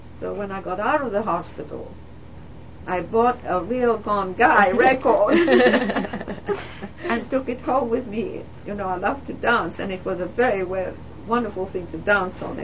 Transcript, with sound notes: So when I got out of the hospital I bought "A Real Gone Guy" record. ( they laugh ) And took it home with me. You know, I loved to dance and it was a very wonderful thing to dance on.